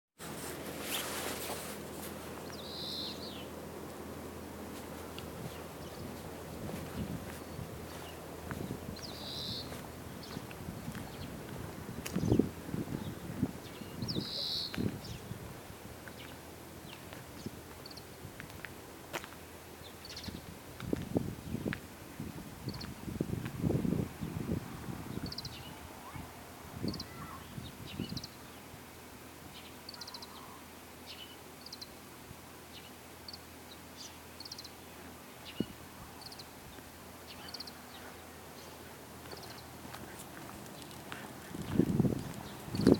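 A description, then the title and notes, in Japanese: Birds call with short, high chirps every few seconds over a quiet hush. Low rustling thumps and knocks come in bursts, around twelve to fifteen seconds, again from twenty to twenty-seven, and briefly at the end. 鳥の声。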